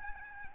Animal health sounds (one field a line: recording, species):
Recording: mosquito wingbeat signal from an infrared sensor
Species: Aedes albopictus